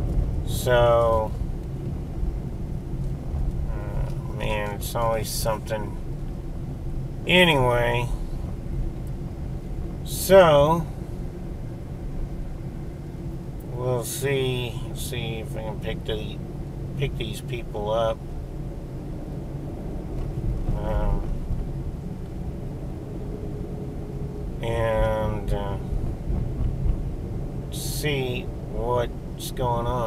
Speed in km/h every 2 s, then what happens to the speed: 31, 31, 29, 29, 29, 29, 27, 27, 27, 29, 31, 35, 35, 35, 34.
0-15 steady at about 29. 15-22 speeds up to 35. 22-30 steady at about 35.